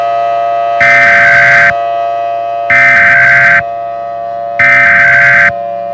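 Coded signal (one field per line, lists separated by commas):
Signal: Emergency Alert System (SAME) tones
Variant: header bursts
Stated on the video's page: Fictional EAS scenario alert.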